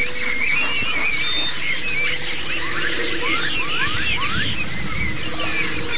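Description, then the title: Dense white-eye song chorus, shrill continuous twittering with a run of quick upward-sliding whistles in the middle. A group (ombyokan) of white-eyes singing together, a therapy (terapi) recording. "Suara Terapi Pleci Ombyokan"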